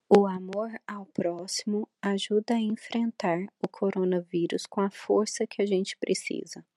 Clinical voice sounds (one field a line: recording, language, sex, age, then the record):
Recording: spoken sentence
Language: Brazilian Portuguese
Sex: female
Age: 30 to 39 years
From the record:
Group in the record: control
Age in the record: 34 years